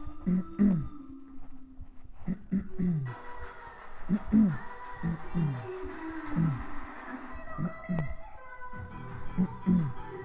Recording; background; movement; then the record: throat clearing; music; walking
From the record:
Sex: male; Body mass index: 20.5 kg/m2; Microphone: on the chest, facing the body